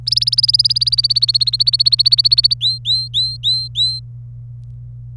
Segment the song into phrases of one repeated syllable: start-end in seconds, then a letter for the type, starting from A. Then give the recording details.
0.07-2.54 A, 2.61-3.99 B. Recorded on 27 April 2018 at 14:42. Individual llb3